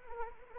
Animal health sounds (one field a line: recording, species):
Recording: mosquito wingbeat signal from an infrared sensor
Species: Anopheles arabiensis